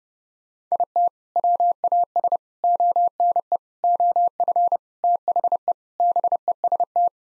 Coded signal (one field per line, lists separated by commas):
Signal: Morse code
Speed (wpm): 32 wpm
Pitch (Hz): 700 Hz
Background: none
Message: IT WAS ONE OF THE BEST